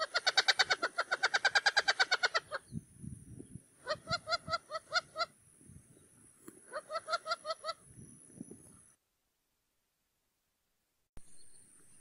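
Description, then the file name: Wattled jacana chatter: a long, fast series of grating notes, followed by two shorter bursts of harsh repeated notes amid low background rumbles. Song (canto). "CANTO-DO-JAÇANÂ-Jacana-jacana-Wattled-Jacana"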